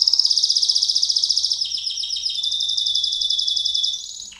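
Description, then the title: White-eye giving one long, very rapid rolling trill that drops slightly in pitch midway and fades at the end. Song in the ngerol ngalas style. "Suara Burung Pleci Ngerol Ngalas"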